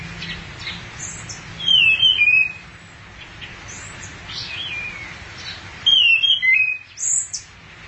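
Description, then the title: Thrush song: two short bursts of high, twittering and trilled notes, about four seconds apart, the second followed by a brief extra phrase, with soft background hiss between them. "burung anis x"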